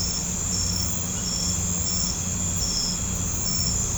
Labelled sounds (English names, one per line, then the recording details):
none
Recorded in pastures near Puerto Asís, Putumayo, Colombia, on 18 December 2024 at 21:30
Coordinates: 0.505, -76.324
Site G063